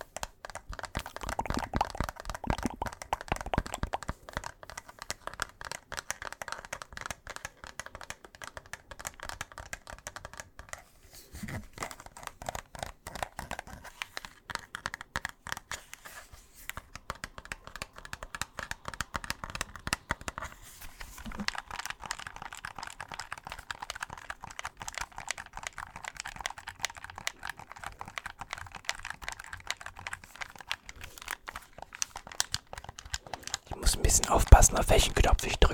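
Rapid tapping runs throughout in dense irregular bursts, with a crinkly texture and a louder, brighter flurry near the end.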